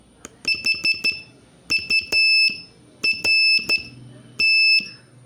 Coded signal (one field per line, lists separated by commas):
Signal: Morse code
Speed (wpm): 13 wpm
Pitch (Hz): 2650 Hz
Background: none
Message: HURT